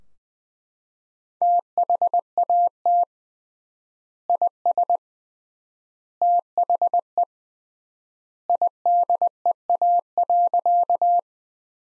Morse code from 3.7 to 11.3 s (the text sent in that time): IS THE IDEA.